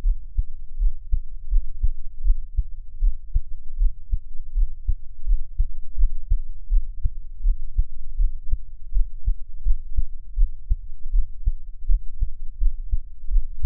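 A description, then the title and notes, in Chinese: A heartbeat thumps steadily, roughly one beat every 0.8 seconds, with paired lub-dub pulses keeping an even rhythm throughout. The sound is deep and muffled, sitting entirely in the low end with nothing bright above it, and a faint low rumble fills the gaps between beats. Give my Heartbeat | NO Talking。心音。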